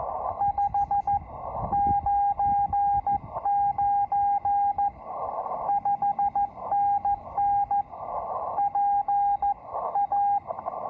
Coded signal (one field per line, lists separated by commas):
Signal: Morse code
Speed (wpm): 14 wpm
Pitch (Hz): 810 Hz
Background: radio noise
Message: 599 5NN PA